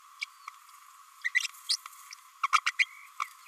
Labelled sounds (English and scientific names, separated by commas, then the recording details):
Green-rumped Parrotlet (Forpus passerinus) babbling
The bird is a female
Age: 27 days
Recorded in a nest box in Venezuela
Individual 17B32A5